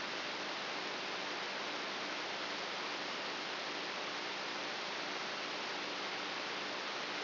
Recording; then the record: brain microelectrode recording played as sound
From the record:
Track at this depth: inside the subthalamic nucleus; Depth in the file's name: 4.44 mm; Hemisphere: right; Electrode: 2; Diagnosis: Parkinson's disease